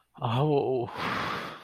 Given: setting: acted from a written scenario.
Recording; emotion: vocal sound without words; contentment